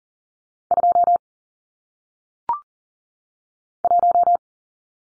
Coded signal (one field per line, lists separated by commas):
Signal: Morse code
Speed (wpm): 38 wpm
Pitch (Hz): 700 Hz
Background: none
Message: 2 1